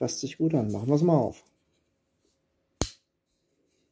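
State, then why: Seated. Someone talks, then opens a Manly Peak folding pocket knife. At 2.8 s the back lock engages with a single sharp, loud click as the blade locks open, followed by quiet. The back lock locks cleanly and the blade is seated open.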